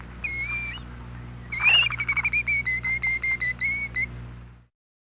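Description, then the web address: Killdeer calling: a clear whistled note, a louder shrill cry, then a quick run of about ten short, piercing 'dee' notes with a soft low hum beneath. "101 Bird Songs. Killdeer"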